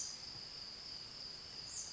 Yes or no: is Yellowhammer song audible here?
no